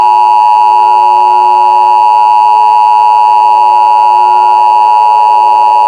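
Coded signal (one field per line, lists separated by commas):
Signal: Emergency Alert System (SAME) tones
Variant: 853 and 960 Hz attention tone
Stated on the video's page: Fictional EAS scenario.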